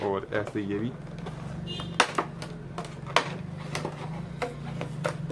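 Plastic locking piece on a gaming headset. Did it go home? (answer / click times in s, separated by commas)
released / 2.0 s, 3.2 s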